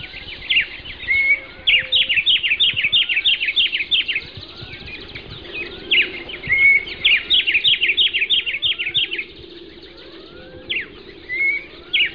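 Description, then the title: Bird song in rapid bursts of sharp, high chirps, some bursts including a short clear whistled note, over a faint low hum. "LuckyPassaro Completos2Sama"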